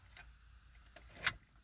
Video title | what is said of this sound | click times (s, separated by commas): Mercedes SLK 230 Radio Replacement - DIY - iRepair Autos | you've slid that one in you'll hear it click | 1.3 s